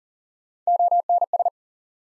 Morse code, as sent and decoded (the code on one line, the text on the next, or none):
--- -. ...
ONS